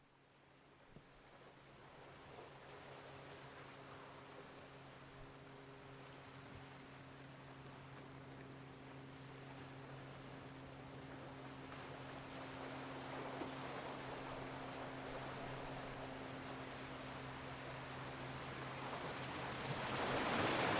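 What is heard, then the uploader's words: At Old Fisherman's Wharf in Monterey Bay, a steady engine hum with low drones builds as a rushing wash grows louder toward the end. Old Fisherman's Wharf - Monterey Bay, CA. Zoom H6 XY Stereo Mic Capsule. Magnetic Microphone Mounts.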